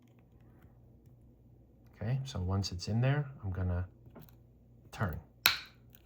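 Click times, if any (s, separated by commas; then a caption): 5.5 s. A metal key blade is inserted into the groove of a plastic key fob for a Land Rover or Range Rover and twisted to release the battery cover, no tools needed. Someone talks, then after a few faint ticks a sharp click at 5.5 s marks the battery cover clicking open and releasing.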